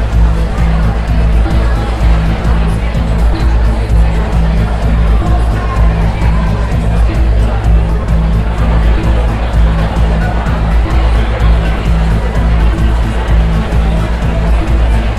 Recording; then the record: background sound without coughing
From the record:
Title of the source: Party Noise 1 Hour Party Ambience